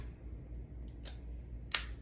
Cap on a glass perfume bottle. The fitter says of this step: Clap cap. Clicks in place.